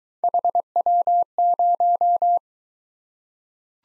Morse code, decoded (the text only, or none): HW0